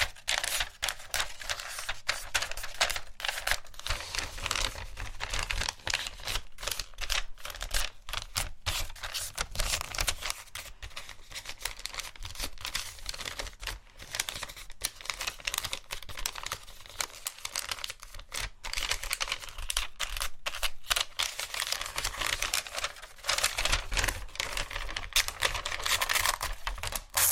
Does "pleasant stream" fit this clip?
no